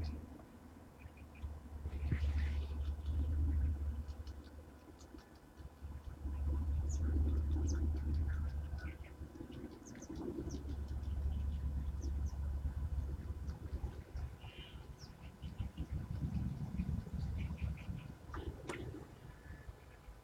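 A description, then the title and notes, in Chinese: Birds call in short, scattered chirps and trills on the north bank of a river, with a sharp bright call near the end. Underneath runs a steady low rumble that swells and fades in long waves, like traffic or machinery, plus faint murmuring. 沙河北岸鸟鸣记录。在沙河观鸟三小时，记录下多种鸟类的叫声和自然的声音，当然还有人声。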